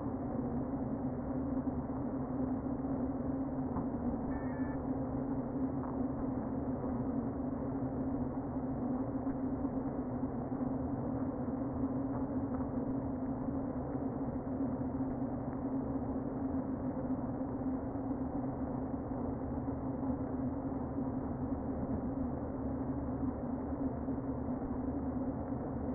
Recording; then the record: honeybee colony, microphone inside the hive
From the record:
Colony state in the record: queen present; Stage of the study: before two queens were removed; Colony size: about 60,000 bees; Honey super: yes